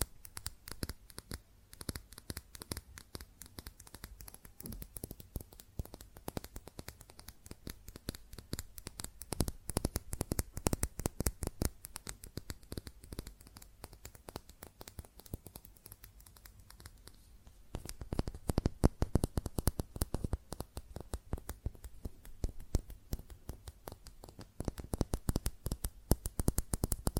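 Fast, dense tapping on glass and ceramic objects, sharp bright clicks in quick runs, growing louder and busier after about eighteen seconds.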